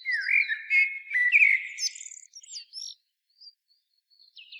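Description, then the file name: Common blackbird song phrase: rich, rolling flute-like notes followed by a brief high, scratchy twittering flourish, then quiet with a few faint high notes. "Turdus merula"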